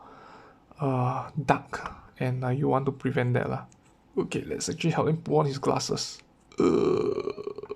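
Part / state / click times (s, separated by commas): UV lens filter onto a drone gimbal camera / not seated / none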